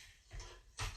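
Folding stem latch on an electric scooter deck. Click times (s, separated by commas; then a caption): 0.8 s. The metal folding latch on the folding stem of an Unagi Model One v2 electric scooter locks in place as the raised stem is pushed down, with a softer knock at about 0.3 s before a sharp metallic click at 0.8 s. The stem locks into place and looks sturdy.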